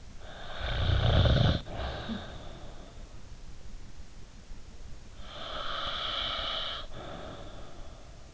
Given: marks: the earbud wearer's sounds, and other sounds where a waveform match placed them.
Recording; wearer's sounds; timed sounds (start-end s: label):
sounds in sleep by an in-ear microphone; snoring breath, breath
0.36-3.01 s: snoring breath
5.14-8.34 s: breath